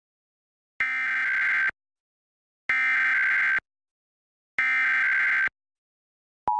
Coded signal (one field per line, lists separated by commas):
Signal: Emergency Alert System (SAME) tones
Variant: header bursts